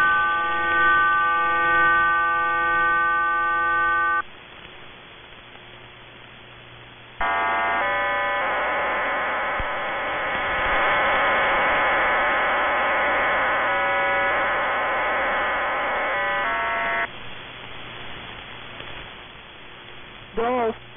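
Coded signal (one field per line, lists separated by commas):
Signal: numbers station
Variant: HM01, RDFT digital mode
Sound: buzzy chord of many steady tones, pausing once, then a longer chord, then hiss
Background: radio static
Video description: Cuban numbers station HM01 hybrid voice and RDFT mode.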